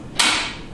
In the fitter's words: This is a really easy to use pressure cooker because it locks into place and you hear the click.